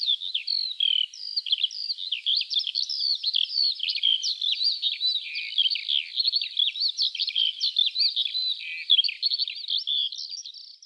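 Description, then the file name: Eurasian Skylark song: a long unbroken stream of fast, high, twittering and trilled notes, warbling without pause across the whole stretch. "Alouette des champs"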